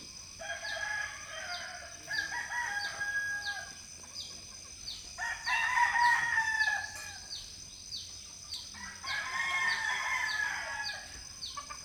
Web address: Charlie Atanasyan - Philippines sound library by Faunethic Village quiet chicken hen symphony early the morning